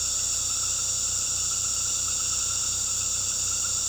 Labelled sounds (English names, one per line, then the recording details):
none
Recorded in pastures near Puerto Asís, Putumayo, Colombia, on 19 February 2024 at 19:00
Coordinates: 0.486, -76.323
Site G6462